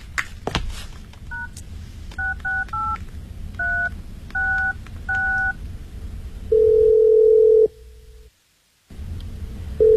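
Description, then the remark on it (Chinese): A string of short two-tone keypad beeps dials a man's phone number, then a steady low ringback tone sounds for about a second, falls silent, and starts again as the call rings unanswered. “你现在再给他打个电话试试。”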